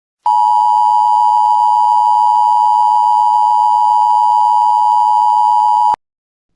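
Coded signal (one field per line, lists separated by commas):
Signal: Emergency Alert System (SAME) tones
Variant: 853 and 960 Hz attention tone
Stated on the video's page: Fictional Halloween EAS scenario.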